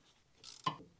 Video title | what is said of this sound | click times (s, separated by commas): How to Replace Coilovers on 3rd Gen Prelude | click there we go | 0.7 s